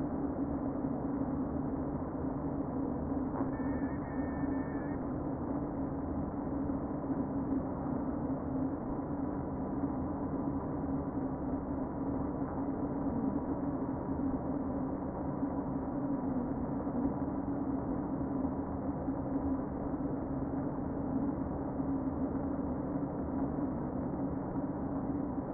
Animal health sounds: honeybee colony, microphone inside the hive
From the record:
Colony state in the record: queen present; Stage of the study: before two queens were removed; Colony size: about 60,000 bees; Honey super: yes

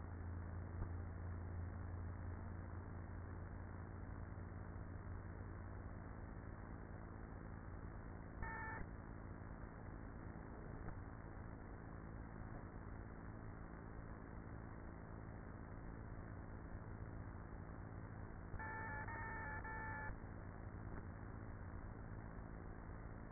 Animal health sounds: honeybee colony, microphone inside the hive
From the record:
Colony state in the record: queenless with a low population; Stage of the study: after two queens were removed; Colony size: about 30,000 bees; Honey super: no

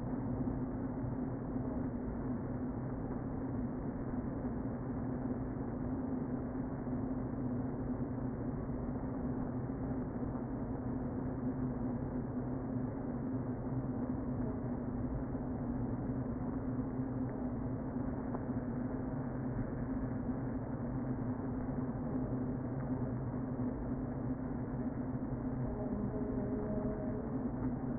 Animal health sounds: honeybee colony, microphone inside the hive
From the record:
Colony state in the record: queen present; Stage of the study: before two queens were removed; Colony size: about 60,000 bees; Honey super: yes

